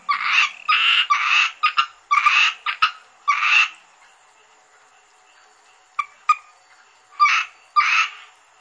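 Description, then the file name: Asian grass frog gives harsh, buzzy croaks in quick runs, then a pause before a few scattered single croaks return. "rana limnocharis yannick dauby gruenrekorder"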